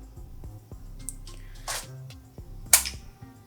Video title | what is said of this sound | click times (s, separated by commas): NYXI HYPERION PRO UNBOXING AND HANDS ON- Is this THE BEST Switch controller? | that one clicks in you hear the the little clicking sound | 2.7 s